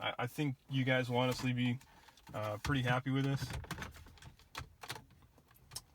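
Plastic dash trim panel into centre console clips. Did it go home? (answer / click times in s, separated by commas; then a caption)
yes / 5.8 s. Someone talks, then presses a plastic dash trim panel back into its clips in the centre console of a BMW X3 E83 after installing a navigation head unit, producing a series of light clicks and taps. The panel clicks back into place at 5.8 s.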